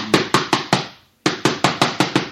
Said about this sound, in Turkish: Yoksa kapıyı vurayım bakayım.